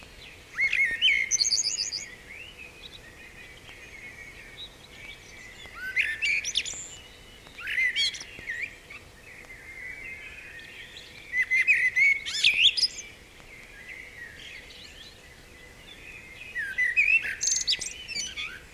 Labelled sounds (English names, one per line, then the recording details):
Common Blackbird song
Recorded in the wild
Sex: male
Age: adult
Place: Bielefeld-Mitte, Nordrhein-Westfalen, DE
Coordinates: 52.0075, 8.54833
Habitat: residential district
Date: 1968-04-27
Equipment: Uher 4000 Report-S, Bändchenmikro Beyer M 260, Parabolspiegel Polyester (470 mm)
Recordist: Conrads, Klaus